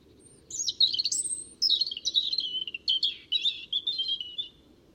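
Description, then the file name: European robin singing a long, tumbling phrase of high, sweet warbles and thin whistles that rise and fall rapidly, filling most of the five seconds over a soft low hum. "Erithacus rubecula"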